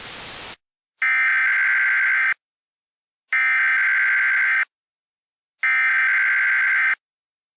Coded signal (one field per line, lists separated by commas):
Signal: Emergency Alert System (SAME) tones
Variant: header bursts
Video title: EAS Mock 12: Inversion